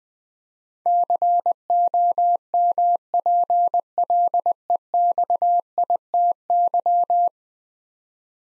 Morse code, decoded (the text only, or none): COMPLEXITY